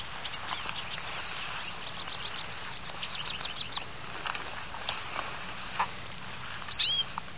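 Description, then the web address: Hooded siskin twittering song of quick high warbled phrases, partly masked by steady hiss and scattered clicks and knocks. South America. "Natures Songs S America Hooded Siskin"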